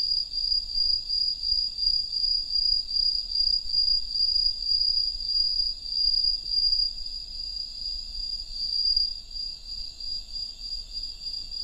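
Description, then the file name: Cricket song: a steady, high, ringing trill whose loudness pulses and swells and fades slightly throughout. "Grillen"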